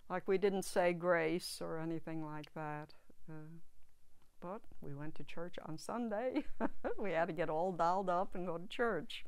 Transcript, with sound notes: Like, we didn't say grace or anything like that but we went to church on Sunday. (she laughs) We had to get all dolled up and go to church.